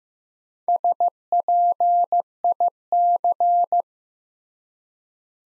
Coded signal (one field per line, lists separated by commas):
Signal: Morse code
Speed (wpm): 15 wpm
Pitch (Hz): 700 Hz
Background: none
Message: SPIC